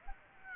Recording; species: mosquito wingbeat signal from an infrared sensor; Aedes aegypti